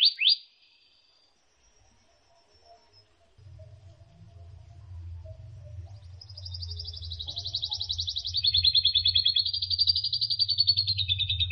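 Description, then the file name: Canary-type song: a brief note, a quiet gap, then a long rapid high rolling trill over a steady low hum. Canary song used as isian, a training song for teaching other songbirds. "suara kenari isian omkicau"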